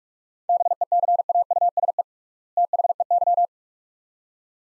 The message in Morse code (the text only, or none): BECAUSE THEY